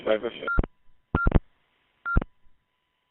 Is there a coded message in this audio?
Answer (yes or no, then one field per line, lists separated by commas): no